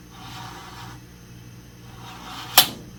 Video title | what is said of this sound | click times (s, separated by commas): Toro Recycler "Rustoration" Part7: Valves, Grease, and Recoil. | There you hear that click. | 2.6 s